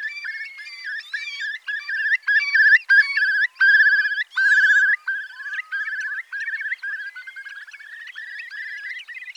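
Curlew calls: fast wavering trills and short whistles repeated several times a second, growing louder midway and then softening into a rapid bubbling run.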